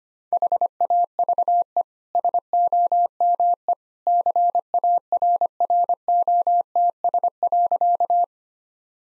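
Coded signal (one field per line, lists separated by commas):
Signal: Morse code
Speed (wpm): 25 wpm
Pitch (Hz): 700 Hz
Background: none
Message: HAVE SOME CARROTS.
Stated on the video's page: Morse code practice sentences at 25 wpm with contextual hints, a copying drill.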